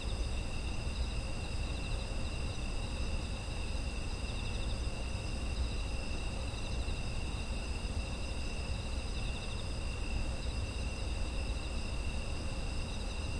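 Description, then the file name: Insect: unbroken high trilling from several insects together, finely pulsed and even in loudness, with low background rumble throughout. Autumn insect ambience. "秋の虫の環境音"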